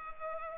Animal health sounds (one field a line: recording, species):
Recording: mosquito wingbeat signal from an infrared sensor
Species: Culex pipiens